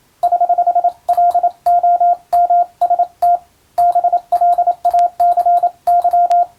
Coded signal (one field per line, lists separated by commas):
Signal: Morse code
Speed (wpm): 27 wpm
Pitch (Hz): 700 Hz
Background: none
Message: <HH> LOMST BLACY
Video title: 船舶通信士が打つ欧文無線電報！無線通信士の国家試験の練習です。今でも電気通信術と言うモールスの実技試験があります。アマチュア無線の受信トレーニングにどうぞ morse code practice